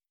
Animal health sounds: hydrophone in a shrimp aquaculture tank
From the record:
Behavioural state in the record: stressed

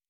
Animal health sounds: hydrophone in a shrimp aquaculture tank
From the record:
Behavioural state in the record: normal

